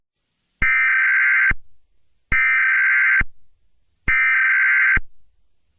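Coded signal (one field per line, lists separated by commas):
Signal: Emergency Alert System (SAME) tones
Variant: header bursts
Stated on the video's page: Fictional scenario remake.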